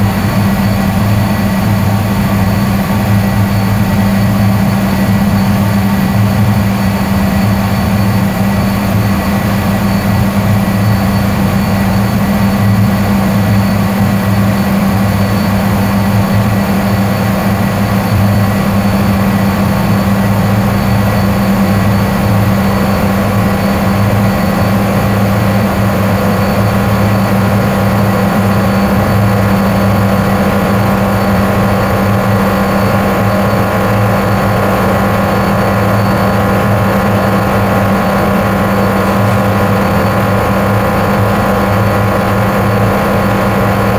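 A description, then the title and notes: Idle heavy industrial machinery fills a basement with a steady, unchanging hum for the full length. A strong low drone sits under layers of fixed whining tones reaching up into a thin high hiss, loud, with no distinct events or pauses. UCL Advanced Centre for Biochemical Engineering in the basement of the Bernard Katz Building. The sounds of heavy industrial biotech machinery laying idle. Recordists: Dr Farlan Veraitch, UCL Biochemical Engineering.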